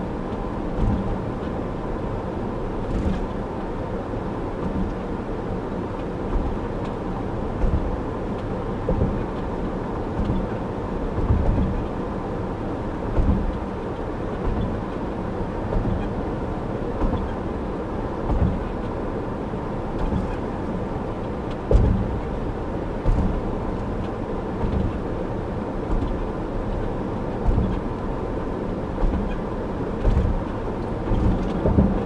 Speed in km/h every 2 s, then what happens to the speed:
84, 84, 84, 84, 84, 84, 84, 84, 84, 84, 84, 84, 84, 84, 84, 84.
0-32 steady at about 84.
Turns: none.